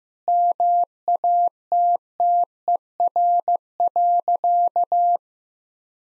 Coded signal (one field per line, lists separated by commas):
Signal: Morse code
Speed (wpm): 16 wpm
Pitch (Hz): 700 Hz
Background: none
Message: MATTER.